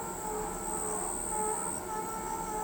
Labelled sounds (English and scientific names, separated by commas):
none